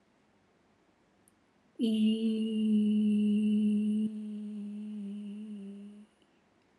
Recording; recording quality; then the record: sustained vowel as in beet; excellent, no background noise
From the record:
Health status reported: healthy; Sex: female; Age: 70 years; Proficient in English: yes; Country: India